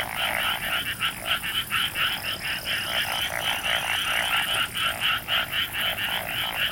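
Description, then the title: Frogs in a busy chorus, quick repeated raspy croaks running together without pause, a thin high tone drifting above. "Summer Japan, Hokkaido. Night Paddy's frogs. 夜の水田のカエル"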